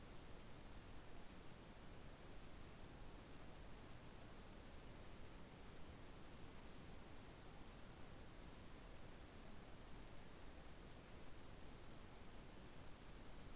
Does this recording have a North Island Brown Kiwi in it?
no